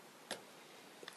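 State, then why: Seated. The plastic tabs along one side of a Bolkin Hybrid Armor waterproof phone case's front frame are pressed down over the edges of the back shell. Two sharp snaps are heard: a loud, bright click at 0.3 s and a shorter, quieter click at 1.1 s. Each click marks the tabs seating into place.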